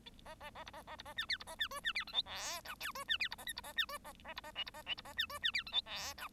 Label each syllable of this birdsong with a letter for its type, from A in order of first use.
A A A B A A B A C D B A C E C D F G H I J E C D B A K B A C E A A B A L B A L B A C E C D F G H I